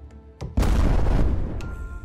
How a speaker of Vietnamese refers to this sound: Một tiếng nổ đùng vang lên cả trời đất, nước bắn thành cột lên cao trên không trung.